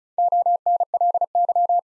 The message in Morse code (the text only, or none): ONLY